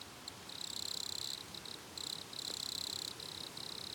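Cricket trilling in fast pulsed bursts, several short runs separated by brief gaps, over a soft background hiss.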